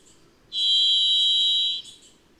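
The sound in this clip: Varied thrush giving one sustained, slightly buzzy whistled tone lasting over a second, followed by faint high chips.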